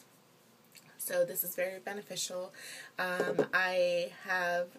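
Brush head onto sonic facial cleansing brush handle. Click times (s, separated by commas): 0.8 s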